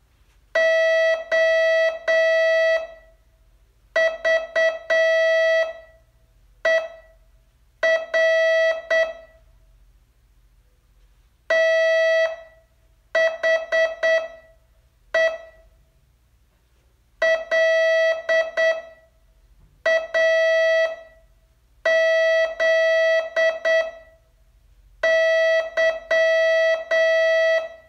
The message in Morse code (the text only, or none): OVER THE LAZY